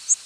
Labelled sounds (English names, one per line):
Northern Waterthrush flight call